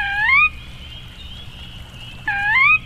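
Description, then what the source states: Sora call: a clear whistled note sweeping upward, given twice about two seconds apart, with a thin steady tone between. The same bird making a very different sound from its horse-like whinny.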